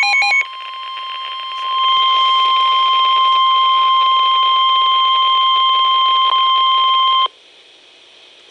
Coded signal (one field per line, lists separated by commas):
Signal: Emergency Alert System (SAME) tones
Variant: 1050 Hz attention tone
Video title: Special Marine Warning {EAS #117}